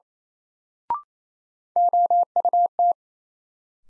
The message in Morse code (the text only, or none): OUT